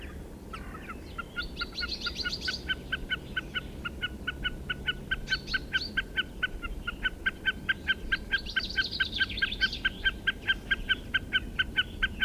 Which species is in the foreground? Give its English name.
Common Snipe